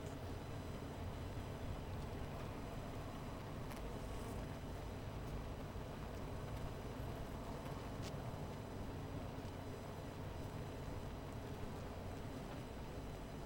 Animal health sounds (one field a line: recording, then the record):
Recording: honeybee colony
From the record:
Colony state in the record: missing queen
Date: 14 July 2017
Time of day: 16:37